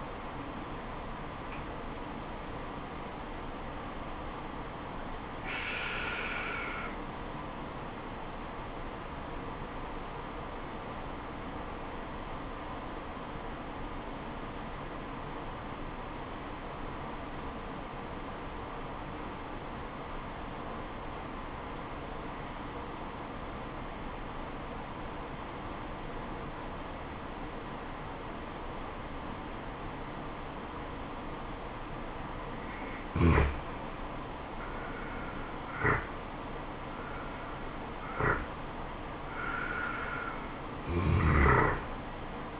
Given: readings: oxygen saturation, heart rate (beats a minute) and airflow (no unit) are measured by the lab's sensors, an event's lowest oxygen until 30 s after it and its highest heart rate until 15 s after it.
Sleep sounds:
breathing in sleep by a voice recorder at the bedside; 1
7.00-33.20 s: obstructive apnea (N2, oxygen 96% highest, then 85% lowest, heart rate 66 at the start, 77 highest)
From the record:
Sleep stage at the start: N2 (light sleep); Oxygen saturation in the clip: 83 to 96%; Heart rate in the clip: 65 to 77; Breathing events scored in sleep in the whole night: 426 in 7.4 hours asleep

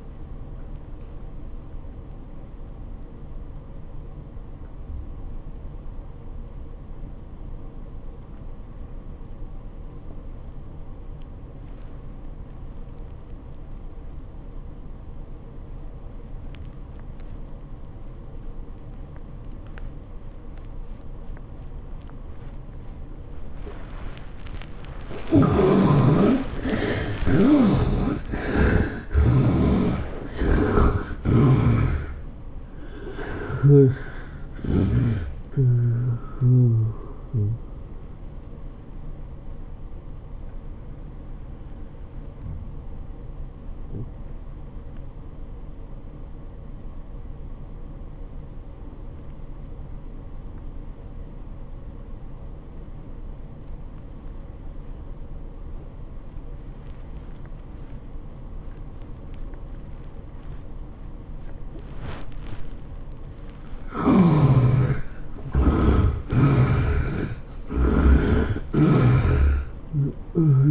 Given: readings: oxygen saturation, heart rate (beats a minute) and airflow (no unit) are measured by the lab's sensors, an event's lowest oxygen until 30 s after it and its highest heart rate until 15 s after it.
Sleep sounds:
breathing in sleep by a smartphone at the bedside; 2
5.00-24.00 s: obstructive apnea (N1, oxygen 91% highest, then 71% lowest, heart rate 83 at the start, 106 highest)
38.00-63.10 s: hypopnea (N1, oxygen 95% highest, then 71% lowest, heart rate 104 at the start, 104 highest)
From the record:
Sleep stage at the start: N1 (lightest sleep); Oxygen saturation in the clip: 71 to 95%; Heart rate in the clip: 74 to 106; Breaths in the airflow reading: 9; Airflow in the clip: -16.3 to 15.1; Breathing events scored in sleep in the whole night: 403 in 5.5 hours asleep

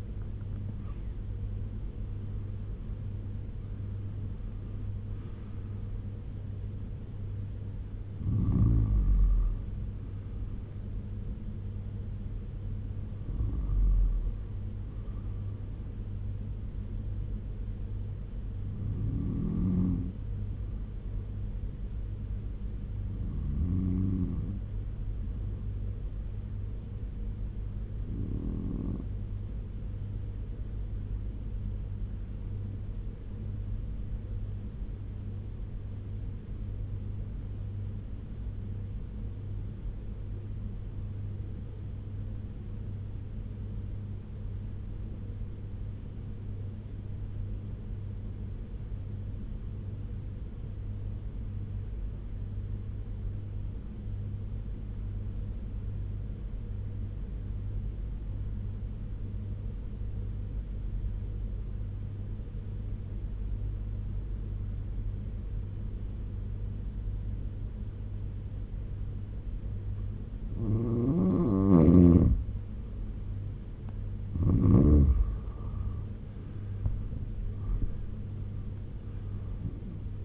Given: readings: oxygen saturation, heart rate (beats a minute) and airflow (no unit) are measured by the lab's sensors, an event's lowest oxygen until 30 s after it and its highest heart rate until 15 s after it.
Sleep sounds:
breathing in sleep by a smartphone at the bedside; 1
29.00-80.25 s: new sleep stage, N2 (light sleep)
36.00-70.30 s: obstructive apnea (N2, oxygen 95% highest, then 81% lowest, heart rate 71 at the start, 85 highest)
From the record:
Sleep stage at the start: N1 (lightest sleep); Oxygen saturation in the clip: 82 to 96%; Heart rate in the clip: 69 to 87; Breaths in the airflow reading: 11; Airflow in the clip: -11.8 to 14.6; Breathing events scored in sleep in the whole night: 201 in 6.5 hours asleep

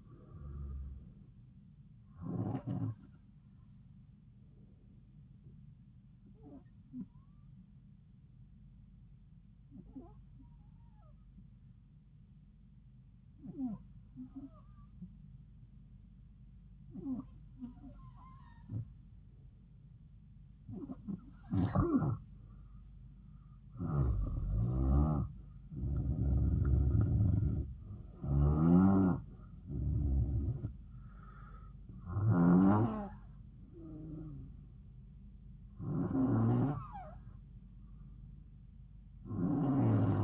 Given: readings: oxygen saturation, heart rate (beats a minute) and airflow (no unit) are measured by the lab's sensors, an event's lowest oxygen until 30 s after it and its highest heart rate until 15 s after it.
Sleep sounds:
breathing in sleep by a smartphone at the bedside; 1
3.00-23.10 s: hypopnea (N2, oxygen 95% highest, then 91% lowest, heart rate 74 at the start, 74 highest)
From the record:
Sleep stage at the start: N2 (light sleep); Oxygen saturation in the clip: 90 to 95%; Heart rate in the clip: 67 to 74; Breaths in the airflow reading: 10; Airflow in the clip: -4.8 to 7.2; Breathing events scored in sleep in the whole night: 270 in 6.1 hours asleep

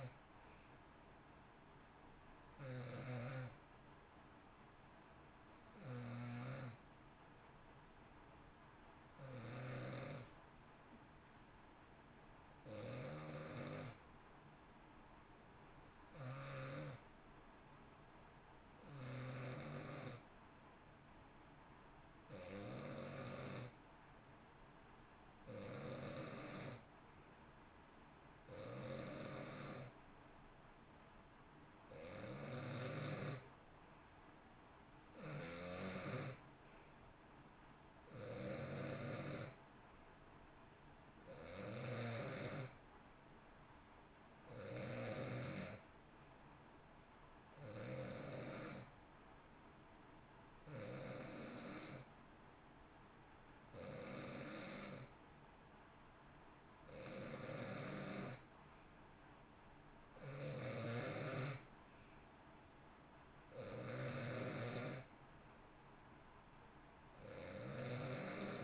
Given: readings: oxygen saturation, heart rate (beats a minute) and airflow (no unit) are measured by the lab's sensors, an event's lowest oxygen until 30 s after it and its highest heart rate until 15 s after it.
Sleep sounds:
breathing in sleep by a voice recorder at the bedside; 1
7.00-29.30 s: hypopnea (N2, oxygen 93% highest, then 89% lowest, heart rate 56 at the start, 64 highest)
From the record:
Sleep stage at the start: N2 (light sleep); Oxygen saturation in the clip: 88 to 93%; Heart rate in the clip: 54 to 68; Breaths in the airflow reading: 21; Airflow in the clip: -8.3 to 7.8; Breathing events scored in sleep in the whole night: 328 in 6.3 hours asleep

